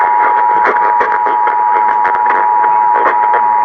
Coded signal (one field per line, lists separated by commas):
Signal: Emergency Alert System (SAME) tones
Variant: 853 and 960 Hz attention tone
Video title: Southern Idaho Required Monthly Test on KBOI-AM (EAS #981)